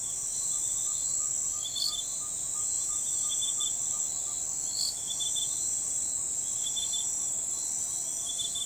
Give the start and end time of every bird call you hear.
[0.75, 4.06] Glaucidium brasilianum (0.6-1.8 kHz)

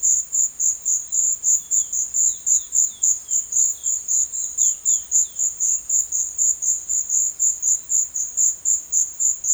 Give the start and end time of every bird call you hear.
[0.00, 5.85] Sporophila angolensis (2.4-5.5 kHz)

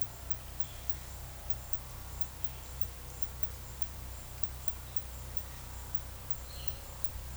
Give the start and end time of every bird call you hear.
[6.43, 7.36] Cyanocorax violaceus (2.3-4.7 kHz)

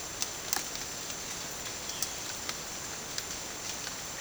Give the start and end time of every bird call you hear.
[1.84, 2.08] Cyanocorax violaceus (2.1-3.8 kHz)

